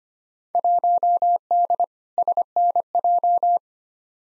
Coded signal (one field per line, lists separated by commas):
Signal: Morse code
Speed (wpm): 25 wpm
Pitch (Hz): 700 Hz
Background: none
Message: 1D SNJ